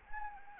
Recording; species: mosquito wingbeat signal from an infrared sensor; Anopheles arabiensis